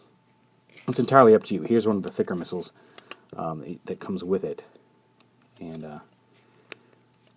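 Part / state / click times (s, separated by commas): plastic missile into a toy robot's launcher / seated / 6.7 s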